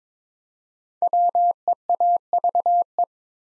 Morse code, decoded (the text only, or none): WEAVE